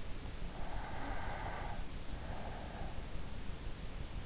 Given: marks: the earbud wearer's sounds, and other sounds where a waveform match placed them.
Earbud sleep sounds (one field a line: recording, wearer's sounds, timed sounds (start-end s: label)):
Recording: sounds in sleep by an in-ear microphone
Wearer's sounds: snoring breath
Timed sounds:
0.37-3.23 s: snoring breath